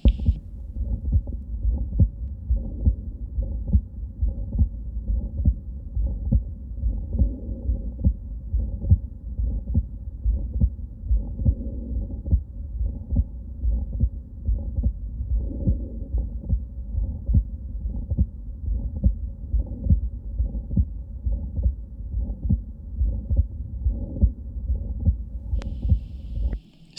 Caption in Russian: Маленький аудиотренинг чтобы научиться выявлять блокаду левой ножки пучка Гиса аускультативно. Блокада левой ножки может быть интермиттирующей.